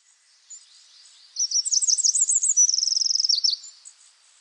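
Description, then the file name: Eurasian wren song: a loud, very high burst of rapid trills and sharp twittering notes with a fast rattling middle section, lasting about two seconds. "Troglodytes troglodytes"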